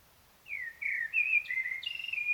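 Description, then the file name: Common blackbird song: a mellow, fluted warble of several linked whistles, shifting in pitch and rising into a higher, slightly scratchy ending. "Turdus merula"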